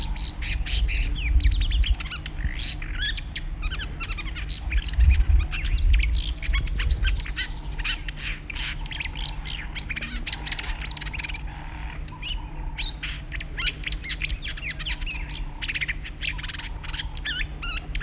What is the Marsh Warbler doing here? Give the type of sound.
song